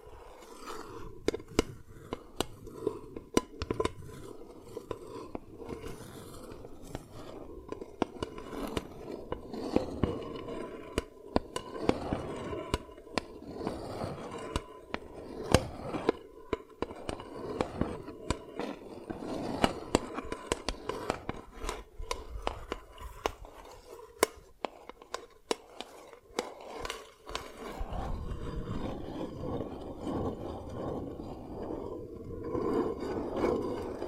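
Tapping and cracking on dalgona candy: sharp little clicks and snaps scattered densely through the whole stretch, sometimes in quick bursts. A low rumbling hum runs underneath most of the time, dropping away briefly around the middle before returning.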